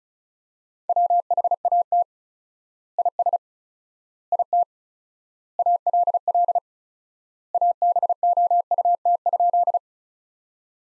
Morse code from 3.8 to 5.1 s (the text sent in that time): IT